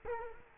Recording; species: mosquito wingbeat signal from an infrared sensor; Culex quinquefasciatus